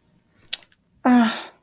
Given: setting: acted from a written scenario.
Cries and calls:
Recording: vocal sound without words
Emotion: romantic love

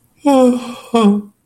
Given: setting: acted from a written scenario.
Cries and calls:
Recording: vocal sound without words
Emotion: sadness

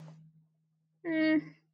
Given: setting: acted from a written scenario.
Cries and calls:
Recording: vocal sound without words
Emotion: neutral

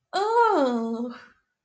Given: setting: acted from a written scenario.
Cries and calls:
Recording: vocal sound without words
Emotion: pain

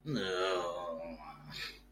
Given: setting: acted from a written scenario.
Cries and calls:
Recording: vocal sound without words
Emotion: disgust

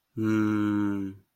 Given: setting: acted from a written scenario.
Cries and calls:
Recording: vocal sound without words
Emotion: neutral

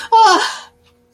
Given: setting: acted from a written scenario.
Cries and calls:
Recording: vocal sound without words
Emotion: pain

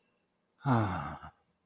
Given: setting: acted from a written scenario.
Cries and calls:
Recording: vocal sound without words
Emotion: contentment

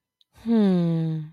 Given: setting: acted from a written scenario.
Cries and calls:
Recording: vocal sound without words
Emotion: serenity

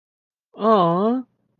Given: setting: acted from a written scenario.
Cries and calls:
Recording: vocal sound without words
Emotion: adoration

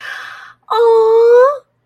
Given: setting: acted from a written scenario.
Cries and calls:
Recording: vocal sound without words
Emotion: positive surprise

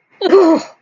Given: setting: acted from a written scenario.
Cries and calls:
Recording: vocal sound without words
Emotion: disgust

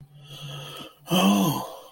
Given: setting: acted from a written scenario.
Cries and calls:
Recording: vocal sound without words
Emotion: contempt

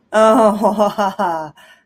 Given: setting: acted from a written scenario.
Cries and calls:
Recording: vocal sound without words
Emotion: amusement

